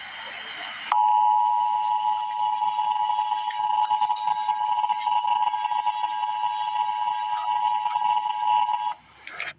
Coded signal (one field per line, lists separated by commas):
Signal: Emergency Alert System (SAME) tones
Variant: 853 and 960 Hz attention tone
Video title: Emergency Alert System - Wind Advisory - Mar 24, 2025 at 11:59 AM EDT